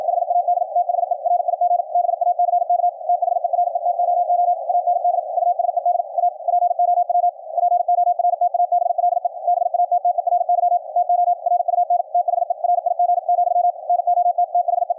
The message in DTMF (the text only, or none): none